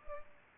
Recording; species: mosquito wingbeat signal from an infrared sensor; Culex pipiens